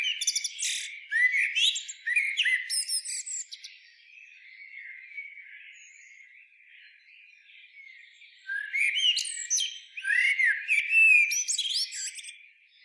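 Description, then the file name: Common blackbird singing two separate phrases, each mellow, whistled notes ending in a scratchy, high-pitched twitter, with a quiet pause of several seconds between them. "Turdus merula"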